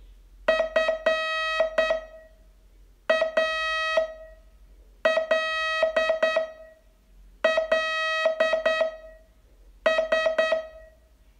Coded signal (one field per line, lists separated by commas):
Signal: Morse code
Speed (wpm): 9 wpm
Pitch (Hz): 1900 Hz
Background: music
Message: FALLS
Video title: Learn Morse in 42 Days from VU2LAU - day 26